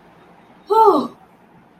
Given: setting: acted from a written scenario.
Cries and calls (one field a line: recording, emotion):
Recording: vocal sound without words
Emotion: distress